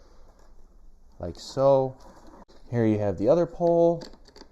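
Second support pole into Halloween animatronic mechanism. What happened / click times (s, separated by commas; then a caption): The pole is being handled and has not clicked home yet / none. Someone talks while handling the second plastic support pole of a Halloween tombstone lifter animatronic, about to fit it into the mechanism. A few faint taps and a short sharp tick near 4.4 seconds are heard. Nothing has seated or clicked yet.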